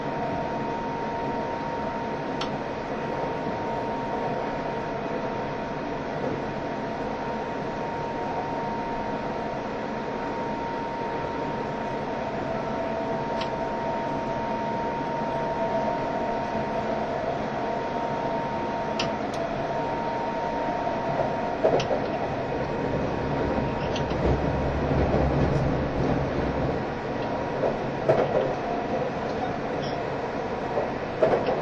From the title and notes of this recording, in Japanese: E351系 Sあずさ18号03 八王子～新宿。全車引退したJR東日本唯一の振り子式車両であったE351系、速達運用だったSあずさを収録したものです。